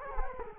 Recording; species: mosquito wingbeat signal from an infrared sensor; Culex quinquefasciatus